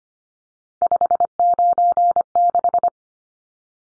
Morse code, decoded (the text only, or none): 596